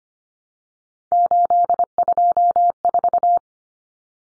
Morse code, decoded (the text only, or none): 824